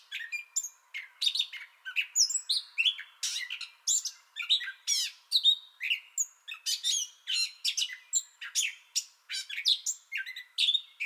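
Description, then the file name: Gray catbird song, a dense steady bout of short varied phrases, squeaky whistles and rasping chatter mixed rapidly throughout. Song bout already in progress, 30 May 2021. "2021-05-30 Gray Catbird Song Bout Already Going"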